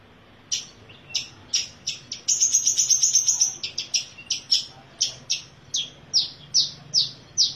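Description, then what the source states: Long-tailed shrike song: a mix of sharp high chips, a thin buzzy trill in the middle, then a regular series of descending squeaky notes. Combination song (kombinasi); Indonesian name cendet.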